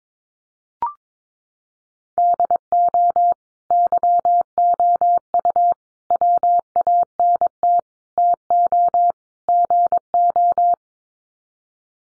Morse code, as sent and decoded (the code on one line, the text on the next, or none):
-.. --- / -.-- --- ..- / .-- .- -. - / - --- / --. ---
DO YOU WANT TO GO